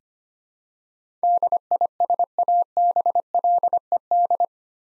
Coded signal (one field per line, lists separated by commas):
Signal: Morse code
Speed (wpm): 25 wpm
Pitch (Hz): 700 Hz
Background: none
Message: DISABLED